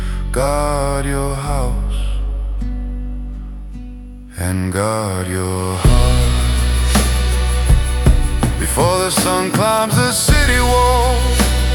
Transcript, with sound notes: Guard your house — and guard your heart Outro (Soft, reflective) Before the sun climbs the city wall